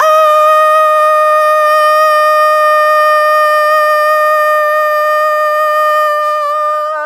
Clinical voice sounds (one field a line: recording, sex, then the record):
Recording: sustained vowel /a/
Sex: female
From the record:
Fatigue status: fatigue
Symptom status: symptomatic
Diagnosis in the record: COVID-19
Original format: m4a